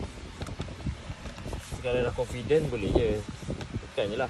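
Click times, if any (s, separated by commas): none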